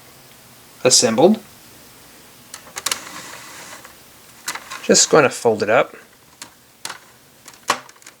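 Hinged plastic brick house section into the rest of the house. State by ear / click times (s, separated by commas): seated / 7.7 s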